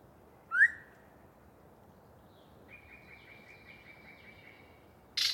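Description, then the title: Yellow-breasted chat singing, an upslurred whistle, then a faint rapid trill of even notes, ending with a loud harsh burst, amid background hiss. Pre-dawn, a particularly chatty bird giving a long soliloquy from deciduous cover. "A Very Chatty Yellow-breasted Chat"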